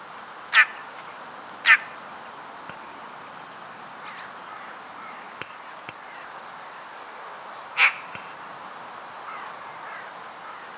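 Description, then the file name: Eurasian magpie uttering loud, rasping single notes, two close together then one after a pause, with faint high chirps in the background. "Pica pica"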